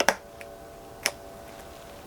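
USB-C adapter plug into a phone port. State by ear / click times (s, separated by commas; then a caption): not seated / none. A USB-C adapter and SSD assembly is plugged into the USB-C port of an iPhone 15 Pro Max. Only a few brief, light taps are heard near 0.0, 0.1, 0.4 and 1.1 seconds over a faint steady hum. The plug has not clicked into place.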